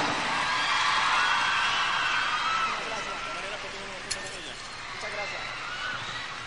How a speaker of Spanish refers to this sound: Muchas gracias. Un fuerte aplauso a todos estos músicos. Gracias, muchachos. Y un fuerte aplauso a nuestra pareja.